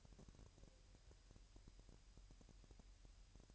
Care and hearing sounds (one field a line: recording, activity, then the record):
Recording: daily activity, microphone in the room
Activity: take from stove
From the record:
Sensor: 2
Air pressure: 1001.8 hPa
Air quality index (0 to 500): 243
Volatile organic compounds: 33 ppm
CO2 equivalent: 3025 ppm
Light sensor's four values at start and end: 5/11/4/5 and 5/11/4/5